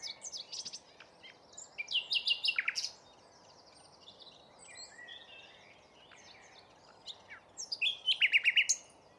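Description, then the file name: Common nightingale song with varied phrases, rapid runs of repeated clicking notes, a quieter warbling stretch, then another quick repeated series. "Luscinia megarhynchos"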